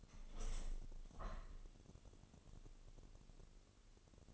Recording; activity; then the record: daily activity, microphone in the room; open window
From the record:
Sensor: 4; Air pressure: 1001.2 hPa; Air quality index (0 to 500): 178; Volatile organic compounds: 2 ppm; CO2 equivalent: 1268 ppm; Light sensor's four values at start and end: 12/27/11/12 and 12/28/11/12